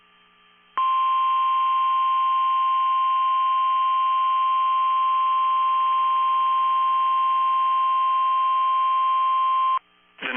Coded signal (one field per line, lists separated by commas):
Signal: Emergency Alert System (SAME) tones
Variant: 1050 Hz attention tone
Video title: NOAA Weather Radio - Snow Squall Warning [EAS #103] (3/28/22)